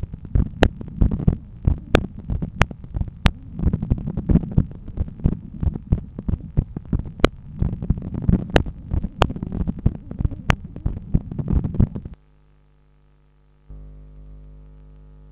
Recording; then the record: heart sounds by stethoscope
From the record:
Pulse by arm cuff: 92 bpm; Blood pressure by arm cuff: 143/89 mmHg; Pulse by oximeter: 99 bpm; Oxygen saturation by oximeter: 97%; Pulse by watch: 95 bpm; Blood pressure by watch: 128/84 mmHg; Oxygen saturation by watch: 93%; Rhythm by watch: sinus rhythm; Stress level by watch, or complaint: medium stress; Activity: after 5 min smoking and 1 beer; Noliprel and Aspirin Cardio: no pills today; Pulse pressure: 54 mmHg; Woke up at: 7:30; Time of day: 17:33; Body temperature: 36.2 C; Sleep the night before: 9 h 22 min, score 68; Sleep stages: REM 22%, light 66%, deep 4%, awake 8%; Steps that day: 11800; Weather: sunny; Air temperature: 21.2 C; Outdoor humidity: 62%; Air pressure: 1014 hPa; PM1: 4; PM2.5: 6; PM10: 8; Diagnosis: hypertension, treated with Noliprel and Aspirin Cardio 100 mg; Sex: male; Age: 53 years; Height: 174 cm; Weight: 81 kg